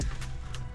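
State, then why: Not seated. The white wiring harness connector for a Beat-Sonic PA2T3K mini amp is being handled at the back of the car head unit in a 2023 Toyota GR Corolla, ready to be pushed in until it latches. Brief handling ticks are heard at 0.0 and 0.6 seconds over a low hum, and nothing has seated or clicked yet.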